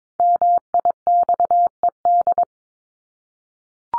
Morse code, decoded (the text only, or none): MIXED